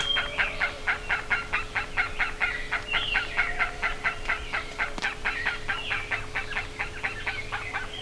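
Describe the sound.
Bird calls in a rapid, continuous chatter of harsh, repeated notes, several a second, with a steady low hum behind.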